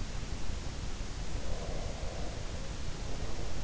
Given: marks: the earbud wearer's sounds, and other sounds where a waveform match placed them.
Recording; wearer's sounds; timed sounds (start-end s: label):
sounds in sleep by an in-ear microphone; breath
1.33-3.48 s: breath